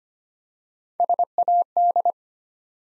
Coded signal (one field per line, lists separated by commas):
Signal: Morse code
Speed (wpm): 25 wpm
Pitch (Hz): 700 Hz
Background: none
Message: SAD